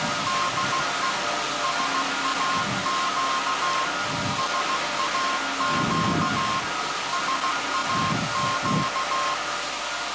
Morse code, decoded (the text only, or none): DE SAQ SAQ SAQ